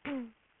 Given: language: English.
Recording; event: throat vibration sensor signal played as sound; throat clearing